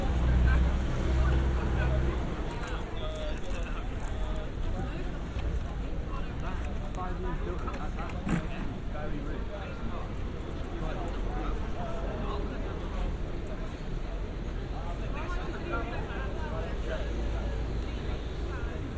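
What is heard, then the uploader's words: Voices of passersby overlap by a bench near a bookstore, a steady murmur of talk with no single speaker standing out. A low rumble of traffic runs underneath throughout, heavier in the first two seconds, with occasional short knocks and clatters. On a bench near a bookstore.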